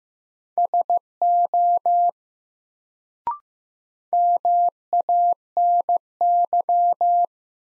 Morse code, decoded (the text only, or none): SO MANY